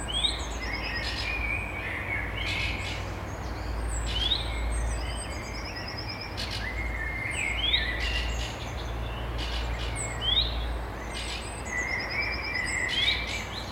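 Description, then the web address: Birds singing at dawn: several birds give varied whistled and trilled phrases, some rising, others rapid and buzzy, repeating every few seconds over a low steady rumble. "songs Voegel Morgendaemmerung"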